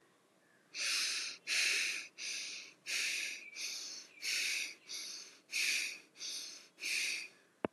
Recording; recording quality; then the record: shallow breathing; excellent, no background noise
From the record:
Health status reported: healthy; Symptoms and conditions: none ticked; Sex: female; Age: 19 years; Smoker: not ticked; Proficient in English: yes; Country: India